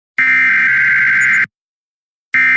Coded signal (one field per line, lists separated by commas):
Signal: Emergency Alert System (SAME) tones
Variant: header bursts